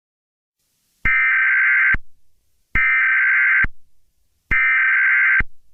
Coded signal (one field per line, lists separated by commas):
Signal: Emergency Alert System (SAME) tones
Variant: header bursts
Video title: Blood Rain - Halloween EAS Mock Scenario